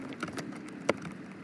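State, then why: Not seated. In a Tesla Model 3/Y, during installation of a Hansshow H6 6.86" driver display, the car's original CPU cable plug is handled toward the female end of a Y-adapter wire harness behind the passenger footwell trim. Light plastic ticks and rattles come around 0.2–0.4 s, with one sharp tick at 0.9 s and a faint one at 1.1 s. Nothing has seated or clicked yet.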